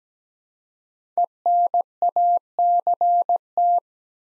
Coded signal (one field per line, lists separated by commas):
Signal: Morse code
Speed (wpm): 17 wpm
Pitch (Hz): 700 Hz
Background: none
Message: ENACT